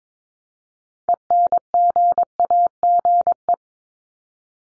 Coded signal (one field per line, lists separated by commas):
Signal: Morse code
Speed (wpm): 22 wpm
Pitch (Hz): 700 Hz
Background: none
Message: ENGAGE